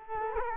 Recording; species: mosquito wingbeat signal from an infrared sensor; Culex quinquefasciatus